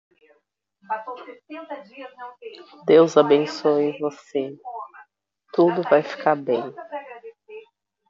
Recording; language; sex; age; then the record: spoken sentence; Brazilian Portuguese; female; 40 to 49 years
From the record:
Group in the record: control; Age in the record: 40 years